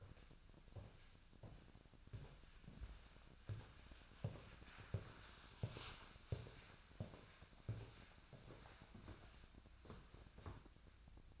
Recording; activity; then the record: daily activity, microphone in the room; walk to room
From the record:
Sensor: 2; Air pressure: 1010.0 hPa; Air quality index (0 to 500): 174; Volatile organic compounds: 9 ppm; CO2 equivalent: 2173 ppm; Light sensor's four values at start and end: 35/86/37/41 and 33/81/35/39